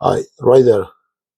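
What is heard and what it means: A circuit breaker is being handled at the bus bar of an electrical load center in a live panel, but nothing has seated or clicked yet. Only someone talking is heard, in two short bursts, with no sharp impact.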